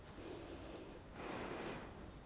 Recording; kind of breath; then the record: one breath in and out by a microphone near the nose and mouth; normal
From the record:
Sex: female